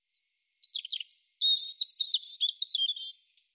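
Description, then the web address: European robin song, a high sweet warbling phrase of thin whistles and quick twittering notes, varied in pitch, lasting about three seconds on a clean, quiet background. "cianscape birddata Deverinetal 2025 Bird Er Ru Er Ru"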